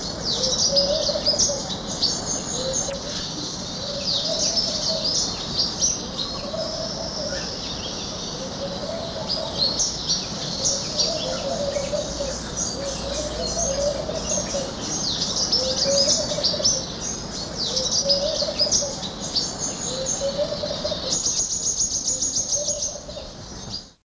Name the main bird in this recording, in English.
Long-tailed Paradise Whydah